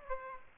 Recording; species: mosquito wingbeat signal from an infrared sensor; Aedes aegypti